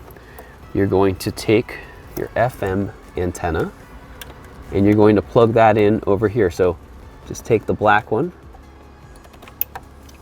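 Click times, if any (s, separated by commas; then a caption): 9.6 s. Someone talks while the black FM antenna plug is pressed into its socket on the back of an NBT EVO head unit being installed in an F30 BMW. A sharp click sounds at 9.6 s as the connector seats.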